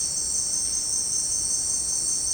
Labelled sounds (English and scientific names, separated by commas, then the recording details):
none
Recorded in secondary vegetation near Puerto Asís, Putumayo, Colombia, on 29 June 2025 at 17:30
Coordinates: 0.484, -76.319
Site G074